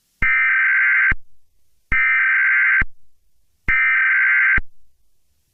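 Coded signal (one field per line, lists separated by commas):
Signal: Emergency Alert System (SAME) tones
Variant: header bursts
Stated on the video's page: Fictional EAS scenario.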